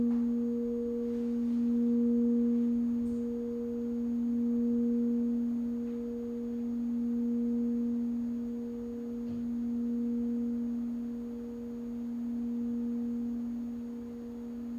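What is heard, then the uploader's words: A sound bath tone holds a steady low pure pitch with a fainter overtone above it, ringing on without a break. Its loudness swells and eases gently every few seconds, and a few soft ticks and rustles pass faintly underneath. This is a LIVE 60 minute Sound Bath recorded at Common Bond Yoga in Springfield, OR.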